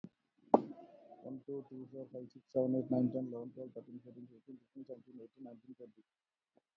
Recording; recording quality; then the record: counting at a fast pace; excellent, no background noise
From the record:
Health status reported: COVID-19 positive, moderate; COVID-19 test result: positive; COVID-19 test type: RT-PCR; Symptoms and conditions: breathing difficulty, fever, loss of smell and taste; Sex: male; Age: 38 years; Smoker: no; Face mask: worn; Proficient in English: yes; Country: India